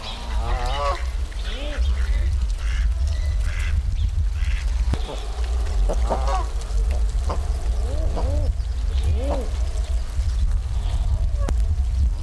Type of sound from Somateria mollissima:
courtship call